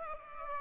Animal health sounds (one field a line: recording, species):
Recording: mosquito wingbeat signal from an infrared sensor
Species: Aedes aegypti